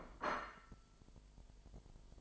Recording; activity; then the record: daily activity, microphone in the room; place plate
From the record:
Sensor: 5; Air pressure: 1002.2 hPa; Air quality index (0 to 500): 223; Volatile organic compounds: 27 ppm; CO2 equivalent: 2900 ppm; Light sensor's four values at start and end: 10/24/10/11 and 10/24/10/11